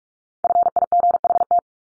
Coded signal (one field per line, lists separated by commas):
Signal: Morse code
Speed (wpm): 44 wpm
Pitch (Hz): 700 Hz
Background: none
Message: FIGHT